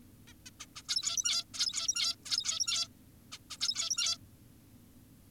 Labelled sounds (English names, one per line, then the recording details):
Zebra Finch
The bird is an adult
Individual g17y2U